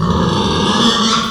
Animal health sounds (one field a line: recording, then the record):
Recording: squeal of a Yucatan mini pig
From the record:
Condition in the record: after surgery on the right vocal fold (resection and tissue-engineered implant)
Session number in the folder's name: 16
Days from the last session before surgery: 183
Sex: female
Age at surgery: 19 weeks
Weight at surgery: 25 kg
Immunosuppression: prednisolone